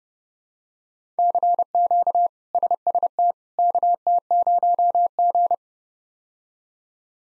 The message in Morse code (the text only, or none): CQ SST KT0G